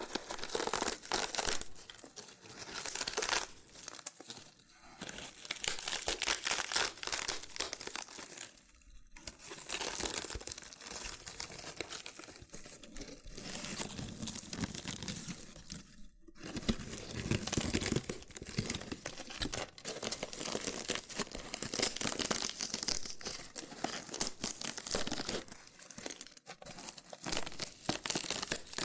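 Loofah being handled, with dense crinkling, scratching and peeling sounds that run almost without pause. The texture is bright and crackly, swelling and easing in waves, with brief quiet gaps near 4, 9, 16 and 26 seconds. Small pops and crunches are scattered throughout.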